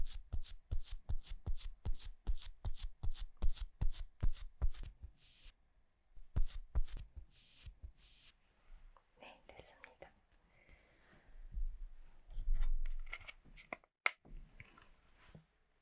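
Quick tapping and patting opens the clip, crisp and evenly spaced at several taps per second for about five seconds, then slows into looser pats. After that comes softer brushing and rustling with a low, muffled sweep, and a sharp click near the end.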